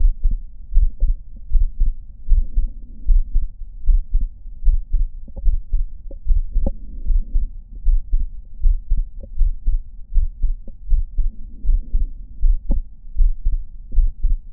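Steady paired heart sounds of an adult heard through a stethoscope, at about 77 beats a minute, with a low hum in the background.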